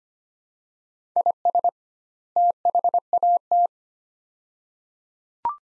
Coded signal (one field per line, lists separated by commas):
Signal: Morse code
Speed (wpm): 25 wpm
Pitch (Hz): 700 Hz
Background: none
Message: IS THAT